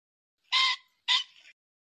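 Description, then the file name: Pheasant giving a single pair of loud, rasping squawks, the first longer and steady, the second clipped with a fading ragged tail, against silence. "Tieng chim tri"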